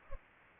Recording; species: mosquito wingbeat signal from an infrared sensor; Culex pipiens